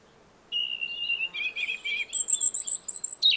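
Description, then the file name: European robin song: a sustained thin whistle drops into wavering notes, then a series of very high pulsed notes repeats rapidly before a final short flourish. "Erithacus rubecula"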